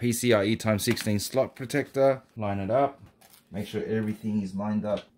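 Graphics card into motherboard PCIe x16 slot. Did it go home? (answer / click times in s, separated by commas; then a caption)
no / none. Someone talks while a large ZOTAC Trinity RTX 4080 graphics card is lined up with the motherboard's PCIe x16 slot, after the slot protector is pulled off, during a white Lian Li Lancool 216 build. Only speech and faint handling are heard. The card has not yet seated or clicked into the slot.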